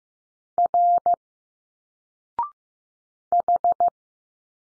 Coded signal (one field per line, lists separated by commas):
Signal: Morse code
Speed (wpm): 15 wpm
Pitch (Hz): 700 Hz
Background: none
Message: R H